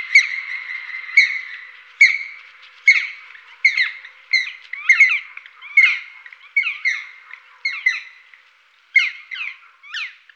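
Black woodpecker calling with squeaky, descending notes repeated roughly once a second, some doubled, over ten seconds.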